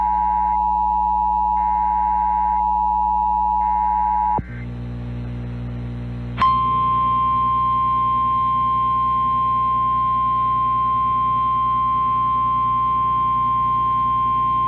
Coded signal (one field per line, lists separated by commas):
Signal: Emergency Alert System (SAME) tones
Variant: 853 and 960 Hz attention tone